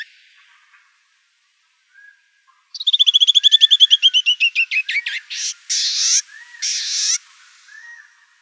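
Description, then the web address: Canyon wren song: a cascade of about twenty clear whistled notes falling in pitch and slowing, ending in several longer buzzy notes, with faint quiet notes before. Recorded in Arizona on 2 October 2003. "Wrens Kinglets Gnatcatchers CNWR 031002. deviche"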